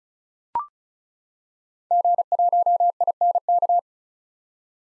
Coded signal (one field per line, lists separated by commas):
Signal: Morse code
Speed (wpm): 36 wpm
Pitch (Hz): 700 Hz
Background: none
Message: G1INK